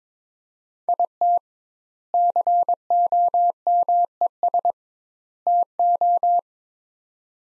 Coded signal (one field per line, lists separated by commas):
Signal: Morse code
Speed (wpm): 22 wpm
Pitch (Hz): 700 Hz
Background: none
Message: IT COMES TO